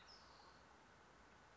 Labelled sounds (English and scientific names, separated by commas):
California Towhee (Melozone crissalis)